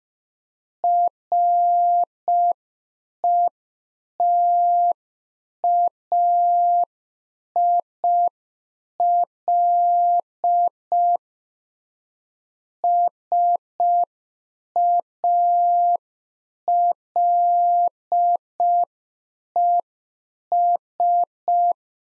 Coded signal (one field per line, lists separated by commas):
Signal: Morse code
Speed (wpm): 5 wpm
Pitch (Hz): 700 Hz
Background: none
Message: RETAIL SALES